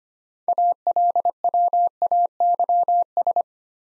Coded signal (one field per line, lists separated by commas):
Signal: Morse code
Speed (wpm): 25 wpm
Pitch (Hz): 700 Hz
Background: none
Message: ALWAYS